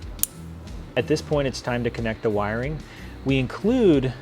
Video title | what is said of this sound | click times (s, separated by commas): Installation - 2015-2026 Ford F-Series Halogen Adapter for Headlights - Starkey Products | now I'm going to plug our adapter in you'll hear it click | 0.2 s